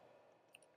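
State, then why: Seated. A tool turns the threaded collar clockwise over the reinserted nozzle of a Shure SE846 in-ear monitor body after its acoustic filter is swapped. A short, sharp click at 0.6 s is followed by a softer tick just after, over a steady low hiss. The collar is tightened home and the nozzle is seated.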